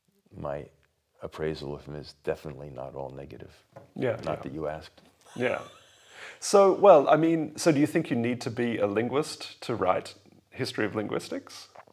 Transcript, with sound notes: my appraisal of him is definitely not all negative.
Yeah.
Not that you asked.
Yeah. [laughs] So, well, I mean, so do you think you need to be a linguist to write history of linguistics?